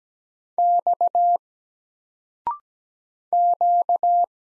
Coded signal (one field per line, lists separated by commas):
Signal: Morse code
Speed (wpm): 17 wpm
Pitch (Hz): 700 Hz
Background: none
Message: X Q